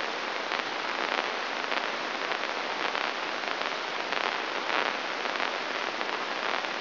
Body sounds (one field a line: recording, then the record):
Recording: brain microelectrode recording played as sound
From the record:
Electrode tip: inside the subthalamic nucleus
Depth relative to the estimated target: -1 mm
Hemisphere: right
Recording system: AlphaMap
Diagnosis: Parkinson's disease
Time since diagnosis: 24 years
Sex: male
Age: 67 years